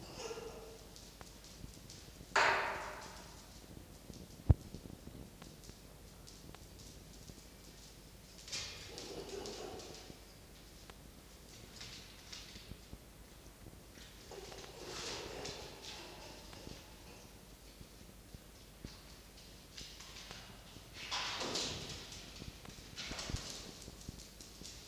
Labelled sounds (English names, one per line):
Red Fox